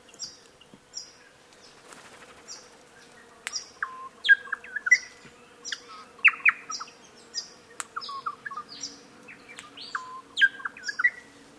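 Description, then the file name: Bird calls: high clipped notes repeated in quick succession, mixed with lower whistled slurred chirps in irregular bursts, with a faint steady hum behind. "BIRD-rhe cv 120697 12 43 pm"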